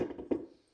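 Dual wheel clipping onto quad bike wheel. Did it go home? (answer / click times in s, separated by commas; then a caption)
no / none. A bolt-on dual wheel is handled against a quad bike wheel, to be secured with two small clip arms. Knocks and clatter are heard, with a sharp tap at about 0.3 s and another short knock at about 0.8 s. Nothing has seated or clicked yet.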